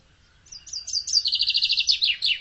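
Bird song, a high twittering phrase of quick rising and falling notes that speeds into a rapid trill before dropping at the end, over low rumble.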